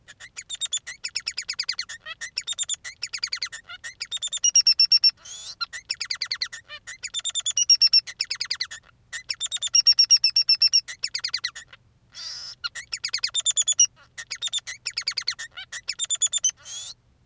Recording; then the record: song of a male Bengalese finch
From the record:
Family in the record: son of father 3